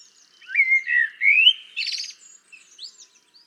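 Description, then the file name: Common blackbird delivering one fluty, gently rising and falling whistled phrase, finished by a buzzy high twitter and faint squeaks. "Turdus merula"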